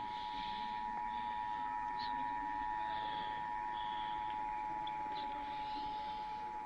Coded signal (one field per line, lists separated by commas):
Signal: Emergency Alert System (SAME) tones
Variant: 853 and 960 Hz attention tone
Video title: FINALLY CATCHING BACK UP... EAS Tests from October 2025 (EAS #6,384 - 6,444)